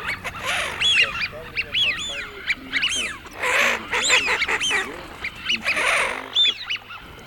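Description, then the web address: Eurasian wigeon whistled calls, many rising-and-falling whistles, some overlapping, with lower nasal notes beneath. Recording for an electronic game caller. "Свиязь Fischione. plurifon"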